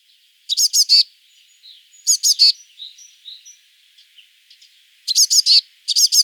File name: Cyanistes caeruleus